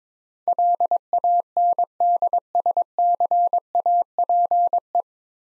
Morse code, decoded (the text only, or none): LANDSCAPE